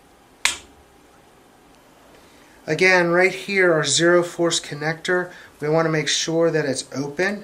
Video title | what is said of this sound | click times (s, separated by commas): Cleaning the Service Station QL-240 & TROJAN 1 | then you gently push it back and you'll hear it click again | 0.5 s